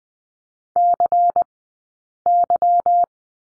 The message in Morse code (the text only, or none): CY